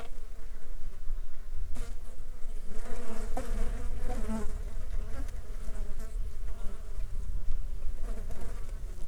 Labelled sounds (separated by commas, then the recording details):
insects
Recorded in the Arctic National Wildlife Refuge, Alaska, on 8 July 2019 at 13:45
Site 35